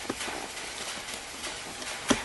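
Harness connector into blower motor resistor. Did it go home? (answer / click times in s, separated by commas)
no / none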